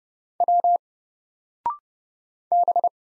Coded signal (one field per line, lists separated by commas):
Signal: Morse code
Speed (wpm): 30 wpm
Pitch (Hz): 700 Hz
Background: none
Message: W B